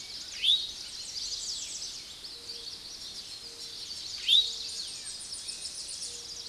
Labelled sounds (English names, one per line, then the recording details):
American Redstart song
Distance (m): 40 m
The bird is about 15 m above the microphone
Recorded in a Pennsylvania forest on 16 May 2024 at 06:11
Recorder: AudioMoth, point MSD-2377
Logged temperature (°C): 16.1 °C
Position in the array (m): 106 m, 232 m